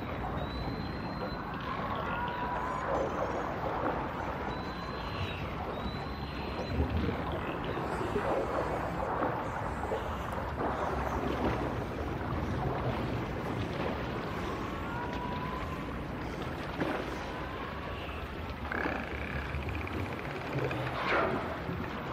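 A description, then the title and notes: Dolphins whistle underwater, with short rising and falling squeals near the start, around the middle, and again toward the end, plus scattered clicks. A dense, steady rumble of water and motor-like noise fills the low end throughout. Sound Of Dolphins.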